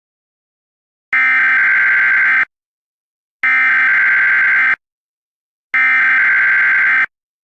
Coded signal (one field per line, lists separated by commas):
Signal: Emergency Alert System (SAME) tones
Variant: header bursts